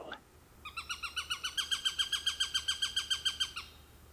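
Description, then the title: Eurasian sparrowhawk calling a rapid chain of many harsh, down-slurred kek notes, steady in pace and growing slightly louder before stopping abruptly. "Varpushaukka"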